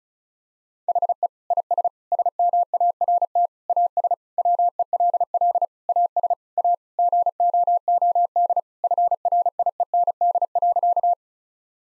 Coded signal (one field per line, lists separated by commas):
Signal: Morse code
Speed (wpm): 36 wpm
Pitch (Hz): 700 Hz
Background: none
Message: HE IS SMART AS WELL AS A GOOD FRIEND.